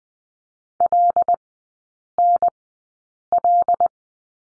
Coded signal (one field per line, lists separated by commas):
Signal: Morse code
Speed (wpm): 20 wpm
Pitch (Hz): 700 Hz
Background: none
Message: LNL